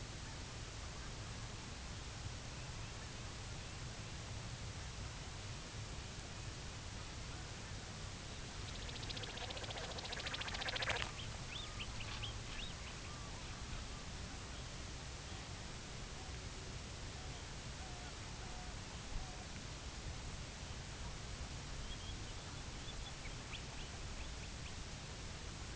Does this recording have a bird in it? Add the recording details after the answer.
yes. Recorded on Arctic tundra, site UTQI-2, on 16 June 2019. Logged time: 10:00